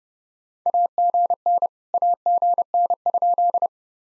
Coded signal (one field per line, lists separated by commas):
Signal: Morse code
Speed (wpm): 33 wpm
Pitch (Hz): 700 Hz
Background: none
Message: AGN AGN?